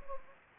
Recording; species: mosquito wingbeat signal from an infrared sensor; Anopheles gambiae